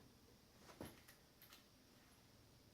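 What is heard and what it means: A rear wheel axle is fitted into the dropouts of a trike frame, giving a soft low thump near 0.8 s and then two light knocks at 1.1 s and 1.4 s. The axle is not fully seated.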